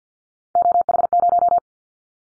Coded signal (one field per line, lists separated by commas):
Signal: Morse code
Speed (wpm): 49 wpm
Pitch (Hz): 700 Hz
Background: none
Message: OH0